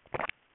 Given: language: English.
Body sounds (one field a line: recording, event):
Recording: throat vibration sensor signal played as sound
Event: swallow